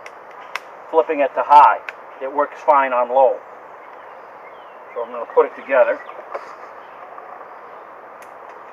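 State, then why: Not seated. An attachment shaft is handled at the coupling of a Ryobi 18 V Expand-It string trimmer powerhead, with brief sharp handling ticks near 0.1 s and 0.6 s while someone talks over steady background noise. Nothing has seated or clicked yet; the clip ends before the shaft goes home in the coupling.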